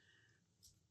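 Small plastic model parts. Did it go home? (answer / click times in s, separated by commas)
no / none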